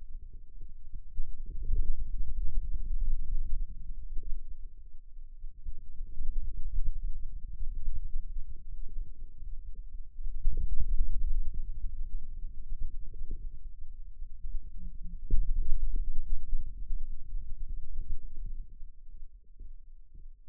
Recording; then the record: forearm muscle sounds (acoustic myography)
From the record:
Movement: ulnar deviation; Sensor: system 2, bracelet of six BSWA MPA416 microphones around the upper forearm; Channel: 1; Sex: male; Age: 22 years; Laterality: right